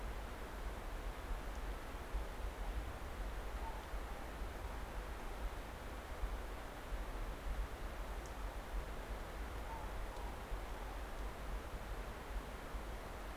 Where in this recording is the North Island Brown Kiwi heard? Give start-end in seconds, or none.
none